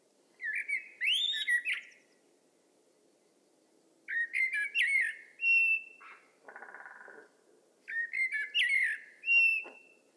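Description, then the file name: Common blackbird song: three fluted warbling phrases with scratchy high endings, spaced about four seconds apart, and a short buzzy rattle between two phrases. "Turdus merula"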